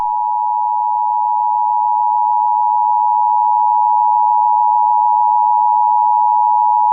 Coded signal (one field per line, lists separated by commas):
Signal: Emergency Alert System (SAME) tones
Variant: 853 and 960 Hz attention tone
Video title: Caillou records a Tarnado and gets grounded. WARNING CONTAINS EAS SOUNDS!